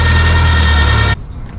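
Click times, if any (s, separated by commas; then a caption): none. The converted 5x10 utility trailer's dump bed is lowered onto its steel latch on the trailer frame, with a steady, loud vehicle-like hum and low rumble until it cuts off abruptly at about 1.1 s, leaving quiet background noise. No click is heard, and the latch has not caught.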